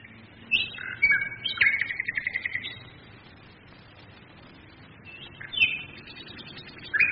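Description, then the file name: Nightingale song: whistled and rattling phrases including a fast repeated series of notes, then a pause before new phrases begin. Singing, recorded in 1942 during the Second World War. "1942-xx-xx nightingales and bombers"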